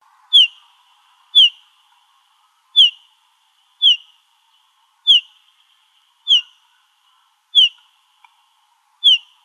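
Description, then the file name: Olive warbler repeating a descending whistled note, eight notes in all at short intervals. Calls, recorded in Arizona. "OLWA CALLS 2 deviche"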